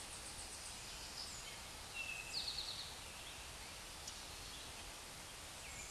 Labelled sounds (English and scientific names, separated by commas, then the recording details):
Eastern Towhee (Pipilo erythrophthalmus) song
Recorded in a Pennsylvania forest on 16 May 2024 at 08:26
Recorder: AudioMoth, point MSD-2142
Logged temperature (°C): 16.7 °C
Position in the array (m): 2 m, 43 m